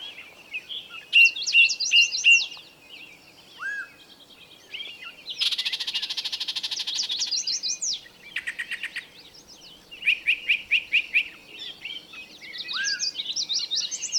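Busy bird chorus of warbled phrases, slurs and a long dense buzzy trill, with repeated chirps and high twitters throughout.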